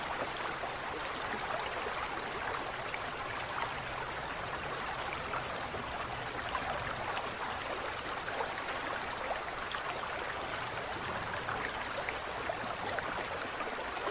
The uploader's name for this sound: Wizard's Aquarium: ambient soundscape